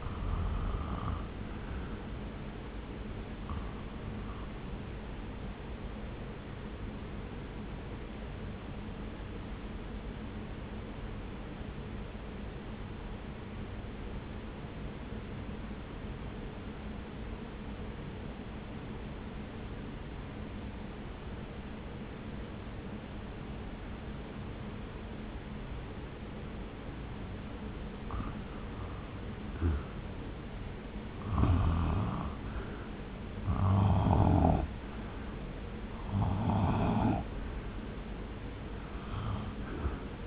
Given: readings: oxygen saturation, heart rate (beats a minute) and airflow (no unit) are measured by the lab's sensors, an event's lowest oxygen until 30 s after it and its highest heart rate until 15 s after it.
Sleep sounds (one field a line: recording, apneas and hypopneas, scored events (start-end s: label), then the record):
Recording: breathing in sleep by a voice recorder at the bedside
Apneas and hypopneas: 1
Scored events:
7.00-28.50 s: obstructive apnea (REM, oxygen 95% highest, then 78% lowest)
From the record:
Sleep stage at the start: REM sleep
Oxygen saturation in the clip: 78 to 95%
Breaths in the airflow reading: 10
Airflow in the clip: -0.7 to 0.8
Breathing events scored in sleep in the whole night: 335 in 6.7 hours asleep